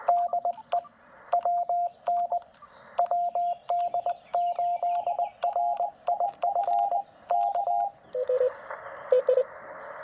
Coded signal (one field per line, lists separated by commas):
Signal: Morse code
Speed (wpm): 20 wpm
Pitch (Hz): 700 Hz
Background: none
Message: DE WN WD8RIF K